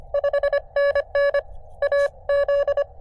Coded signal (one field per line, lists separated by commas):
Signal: Morse code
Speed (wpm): 24 wpm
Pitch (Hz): 590 Hz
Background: none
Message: 5NN AZ